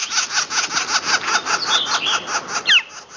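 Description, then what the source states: Northern Flicker giving a long series of raspy, scratchy notes, with a few thin whistled notes mixed in during the second half. Young bird just out of the nest, calling from the ground, at the season when juveniles leave their nests.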